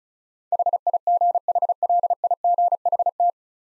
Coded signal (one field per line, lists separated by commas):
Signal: Morse code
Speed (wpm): 34 wpm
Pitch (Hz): 700 Hz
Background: none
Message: HIGHLIGHT